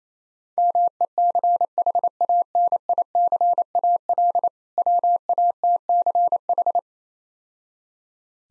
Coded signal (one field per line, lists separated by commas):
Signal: Morse code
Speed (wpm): 27 wpm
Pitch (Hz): 700 Hz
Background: none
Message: MECHANICAL WATCH